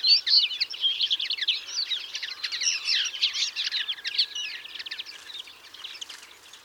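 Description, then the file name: European greenfinch twittering: fast, overlapping chirps, loud at the start and gradually thinning and fading over the last two seconds. "Chloris chloris"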